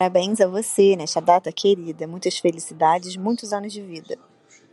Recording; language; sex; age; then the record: short text; Brazilian Portuguese; female; 30 to 39 years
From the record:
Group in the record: control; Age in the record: 32 years